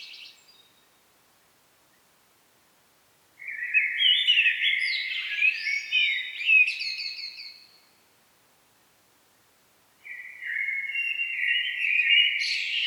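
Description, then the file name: Common blackbird song: two rich warbled phrases ending in scratchy high twitters, with a long silent pause between them. "Turdus merula"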